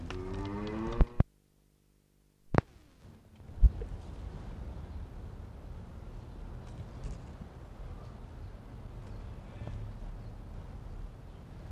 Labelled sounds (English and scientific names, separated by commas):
Wapiti (Cervus canadensis) rut call